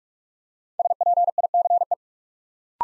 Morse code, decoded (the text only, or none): SPICE